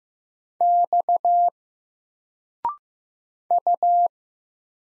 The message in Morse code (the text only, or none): X U